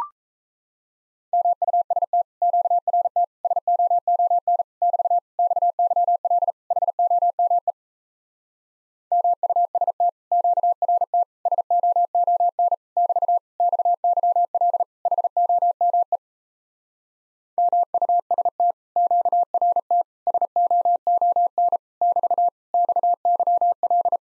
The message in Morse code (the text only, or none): MUST QRT SOON <BT> XYL HOME MUST QRT SOON <BT> XYL HOME MUST QRT SOON <BT> XYL